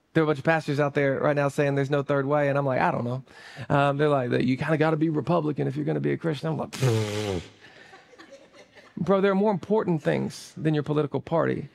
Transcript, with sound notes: There are a bunch of pastors out there right now saying there's no third way. And I'm like, I don't know. Um they're like that you kind of got to be Republican if you're going to be a Christian. [laughter] Bro, there are more important things than your political party.